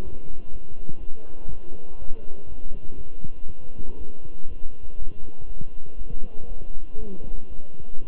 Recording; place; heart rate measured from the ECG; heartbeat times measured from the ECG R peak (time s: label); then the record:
heart sounds by stethoscope; between the tricuspid and mitral areas; 120 bpm
0.03 s: heartbeat
0.51 s: heartbeat
1.00 s: heartbeat
1.49 s: heartbeat
1.98 s: heartbeat
2.48 s: heartbeat
2.97 s: heartbeat
3.46 s: heartbeat
3.97 s: heartbeat
4.47 s: heartbeat
4.98 s: heartbeat
5.47 s: heartbeat
5.97 s: heartbeat
6.48 s: heartbeat
6.98 s: heartbeat
7.50 s: heartbeat
8.01 s: heartbeat
From the record:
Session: walking at 3.7 km/h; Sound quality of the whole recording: good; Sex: male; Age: 23 years